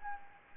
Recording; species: mosquito wingbeat signal from an infrared sensor; Anopheles gambiae